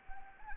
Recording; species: mosquito wingbeat signal from an infrared sensor; Anopheles arabiensis